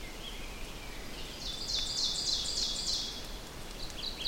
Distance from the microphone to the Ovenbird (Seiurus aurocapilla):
about 40 m